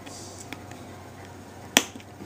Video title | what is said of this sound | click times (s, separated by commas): iPod Mini Upgraded from HDD to SSD | okay once you hear a little click on one side you're good now we have to hear another click on the other side | 1.8 s